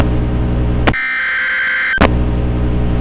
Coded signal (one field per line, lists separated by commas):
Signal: Emergency Alert System (SAME) tones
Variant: header bursts